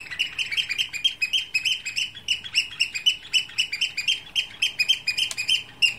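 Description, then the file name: Eurasian oystercatcher calls, a steady stream of sharp, shrill piping notes repeated several times a second. "austernfischer"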